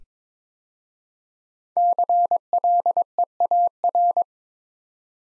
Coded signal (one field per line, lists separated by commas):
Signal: Morse code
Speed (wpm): 22 wpm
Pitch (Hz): 700 Hz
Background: none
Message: CLEAR